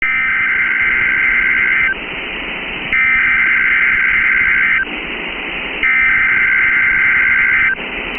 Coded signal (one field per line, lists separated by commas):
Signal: Emergency Alert System (SAME) tones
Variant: header bursts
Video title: Special Marine Warning (12/25/25) [EAS #330]